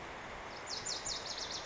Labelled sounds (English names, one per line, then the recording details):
Lazuli Bunting
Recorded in Sonoma County, California